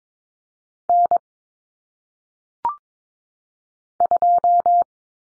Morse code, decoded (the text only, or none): N 2